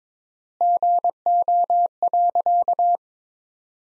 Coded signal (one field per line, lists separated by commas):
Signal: Morse code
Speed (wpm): 21 wpm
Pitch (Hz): 700 Hz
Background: none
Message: GO.